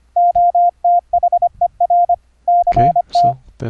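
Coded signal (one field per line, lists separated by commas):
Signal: Morse code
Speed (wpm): 25 wpm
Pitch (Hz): 700 Hz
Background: none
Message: OTHER CT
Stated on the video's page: Morse sidetone routed over the internet through Mumble using virtual audio cables in software.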